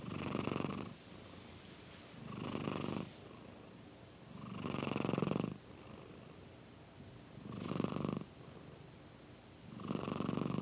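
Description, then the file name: Domestic cat purr, low rumbling bursts swelling and fading in a slow breathing rhythm about every two to three seconds, with soft pauses between. "mindmapthat - Purring Cat"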